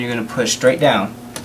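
A RAM module is being lined up over a motherboard memory slot, ready to be pushed straight down, while someone talks. The module has not seated and nothing has clicked into place yet.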